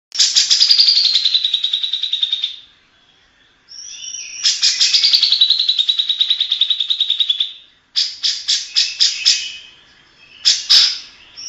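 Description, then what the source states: Grey-cheeked bulbul song: bursts of rapid high chattering notes sliding downward, each phrase lasting two to four seconds, then a series of separate sharp repeated notes; no other sounds. Long-duration song intended for training birds to learn it.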